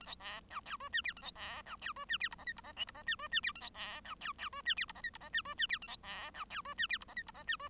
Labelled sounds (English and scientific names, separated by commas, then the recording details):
Bengalese Finch (Lonchura striata domestica) song
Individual Bird1